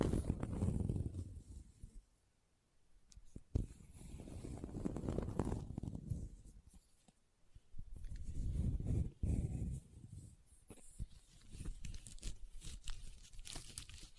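Leather being scratched and rubbed, with rough, grainy swells of low scraping that rise and fade in waves about every four seconds. Sharp taps cut through at intervals, notably near 3.5 and 9 seconds, with brief quieter gaps between strokes.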